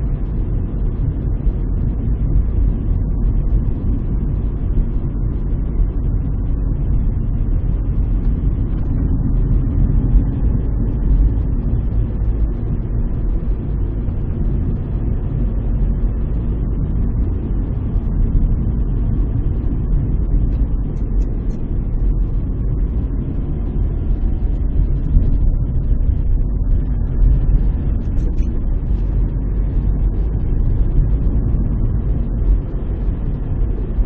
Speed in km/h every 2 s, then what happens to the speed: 41, 41, 40, 39, 38, 41, 41, 42, 44, 44, 40, 32, 29, 33, 42, 44, 45.
0-18 steady at about 41. 18-24 slows to 29. 24-29 speeds up to 44.